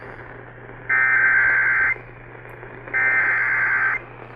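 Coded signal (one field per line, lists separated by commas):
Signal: Emergency Alert System (SAME) tones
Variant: header bursts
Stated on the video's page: Forwarded severe weather alert received on AM broadcast station WBAP.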